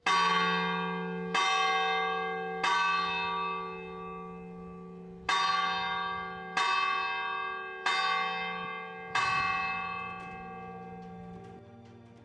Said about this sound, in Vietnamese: Lâu lắm rồi ông Kha mới được đánh kẻng, cũng lâu lắm rồi tiếng kẻng mới vang lên trong thôn Phượng Bãi. Tiếng kẻng ngân vang như là một thông điệp gửi tới tất cả bà con dân thôn. Tiếng kẻng triệu tập.